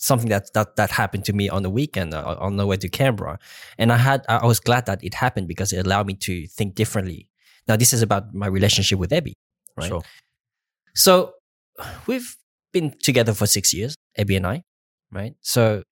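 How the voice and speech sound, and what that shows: An adult man who stutters speaks conversationally. He repeats whole words ("that, that, that", "I, I") and pauses haltingly between single words ("so... we've... been"). These mild stuttering disfluencies occur in otherwise fluent speech.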